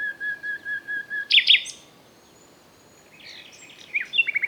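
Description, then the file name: Common nightingale song: a series of repeated whistles, a loud sharp burst, a pause, a soft phrase, then a quick series of repeated sharp notes. "Luscinia megarhynchos"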